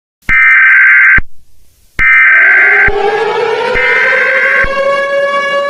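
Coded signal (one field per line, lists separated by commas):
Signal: Emergency Alert System (SAME) tones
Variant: header bursts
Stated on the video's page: Fictional EAS scenario.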